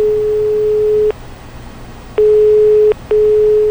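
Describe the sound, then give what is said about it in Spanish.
A telephone ringing tone after dialing a house number on a wall-mounted phone: a steady, low electronic hum sounding in three bursts, the first about a second long, then two shorter ones separated by brief silences, with no voices. “Miró el teléfono adosado a la pared. Lo estuvo mirando fijo un rato hasta que se decidió y marcó el número de la casa de Manu.”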